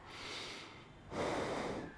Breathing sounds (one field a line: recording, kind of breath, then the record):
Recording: one breath in and out by a microphone near the nose and mouth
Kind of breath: normal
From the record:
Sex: male